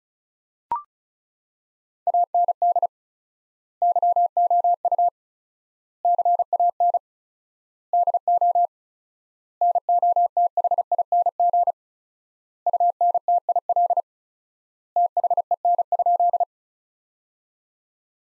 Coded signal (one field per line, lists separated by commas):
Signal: Morse code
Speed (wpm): 36 wpm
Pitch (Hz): 700 Hz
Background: none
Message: AND YOU CAN DO NOTHING UNTIL THEN?